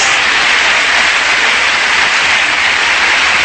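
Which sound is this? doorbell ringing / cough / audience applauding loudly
audience applauding loudly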